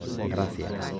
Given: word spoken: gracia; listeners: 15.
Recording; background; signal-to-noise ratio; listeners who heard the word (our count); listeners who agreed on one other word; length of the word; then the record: one Spanish word in noise, from a listening test; eight-talker babble; -0.6 dB; 3 of 15; 10 of 15; 0.60 s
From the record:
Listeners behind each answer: 10, 3, 2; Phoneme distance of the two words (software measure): 7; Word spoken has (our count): 2 syllables, 6 phonemes, stress on syllable 1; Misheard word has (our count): 2 syllables, 7 phonemes, stress on syllable 1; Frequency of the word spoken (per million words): 43.34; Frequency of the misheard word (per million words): 155.96